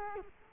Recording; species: mosquito wingbeat signal from an infrared sensor; Culex quinquefasciatus